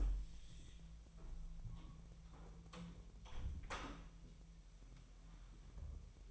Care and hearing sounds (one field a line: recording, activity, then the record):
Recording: daily activity, microphone in the room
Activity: close door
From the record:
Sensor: 1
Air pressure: 1001.2 hPa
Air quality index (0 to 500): 249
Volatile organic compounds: 145 ppm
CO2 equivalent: 4002 ppm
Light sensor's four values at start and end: 13/30/12/13 and 12/30/12/13